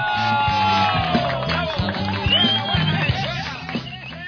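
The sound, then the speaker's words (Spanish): An audience applauds and cheers loudly for about four seconds to welcome a guest on a radio show, with scattered whoops and shouts rising out of the crowd noise over a thumping, rhythmic bass line of music underneath. “Así que recibimos con un fortísimo aplauso, damas y caballeros”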